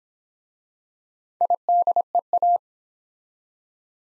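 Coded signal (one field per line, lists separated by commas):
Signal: Morse code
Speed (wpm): 26 wpm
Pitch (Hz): 700 Hz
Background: none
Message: IDEA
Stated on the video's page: Morse practice set at 20 WPM using easy words with contextual hints.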